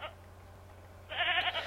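Goat bleating, a loud cry with rich harmonics in the final half-second after a brief earlier fragment, over a low steady hum.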